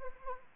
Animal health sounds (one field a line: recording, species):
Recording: mosquito wingbeat signal from an infrared sensor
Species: Anopheles arabiensis